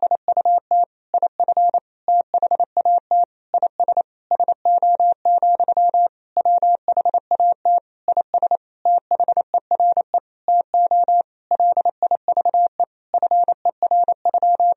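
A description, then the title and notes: Morse code is sent as a single clean mid-pitched tone, keyed in crisp short dots and longer dashes grouped into words with brief gaps between them. The rhythm stays quick and steady for the whole stretch, with dead silence behind the beeps. These sentences are composed of the Top 200 words and Morse code abbreviations. First, the words and abbreviations are sent in Morse code. 28wpm.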